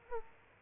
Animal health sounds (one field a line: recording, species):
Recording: mosquito wingbeat signal from an infrared sensor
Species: Culex quinquefasciatus